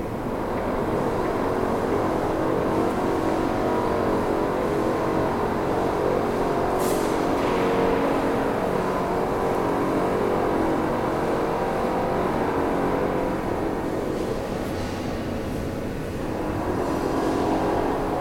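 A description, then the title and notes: A loud, steady drill drone fills the space for the whole stretch, a dense grinding buzz that hangs in a big echoing interior. The level barely shifts, with brief brighter scrapes near seven seconds and again around fifteen to sixteen seconds. Cadiz Cathedral renovation. They were doing work on the cathedral when we visited, with a drill buzz reverberating mightily. April 2011.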